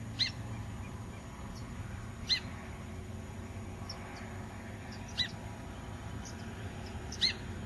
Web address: cantos becasamar